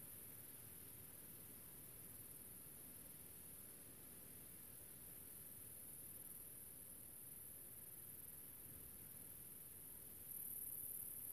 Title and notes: Relaxing Sounds - Nature - Grasshopper. a small town called General Alvear. I found myself in the middle of the countryside under the summer sun and this little grasshoper appeard